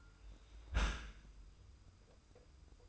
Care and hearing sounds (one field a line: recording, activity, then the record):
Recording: daily activity, microphone in the room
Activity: close dishwasher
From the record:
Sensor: 2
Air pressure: 990.4 hPa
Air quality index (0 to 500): 210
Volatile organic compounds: 1000 ppm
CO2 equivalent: 6753 ppm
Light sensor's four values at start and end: 29/68/28/27 and 29/68/28/27